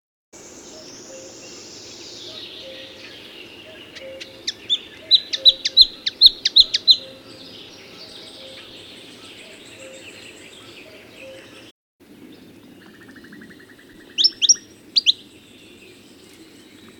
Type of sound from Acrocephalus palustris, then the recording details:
song. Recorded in the wild. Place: Glowe, Insel Rügen, Mecklenburg-Vorpommern, DE. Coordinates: 54.574, 13.433. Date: 1977-06-03. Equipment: Nagra III BH, Sennheiser MD 21, parabola. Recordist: Schubert, Michael